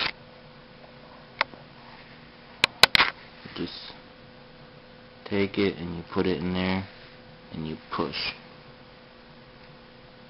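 A small card is handled and pushed toward its slot in a handheld Danger Sidekick LX phone, with faint sharp ticks at about 1.4, 2.6, 2.8 and 3.0 seconds while someone talks. The clip ends before the card goes home, so nothing has seated or clicked yet.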